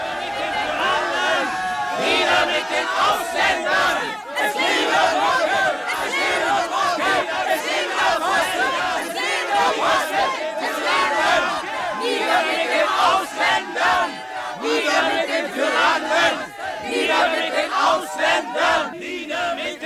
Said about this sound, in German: Tumult! In der Manege, eine Gruppe Spanierken, von den Gendarmen beschützt, brüllen sie und schwingen drohend die Knüppel.